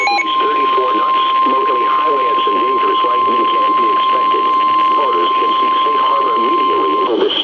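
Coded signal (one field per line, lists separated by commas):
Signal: Emergency Alert System (SAME) tones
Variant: 1050 Hz attention tone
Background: speech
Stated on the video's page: Special marine warnings from a Sterling, Virginia forecast office, received on Midland WR-100, Radioshack 12-993 and Radioshack 12-382 weather radios.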